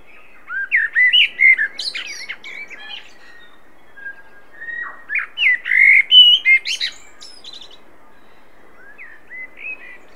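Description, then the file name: Common blackbird giving repeated song phrases of mellow whistles broken by shrill, chattering squeaks. A softer phrase comes near the end. "Turdus merula"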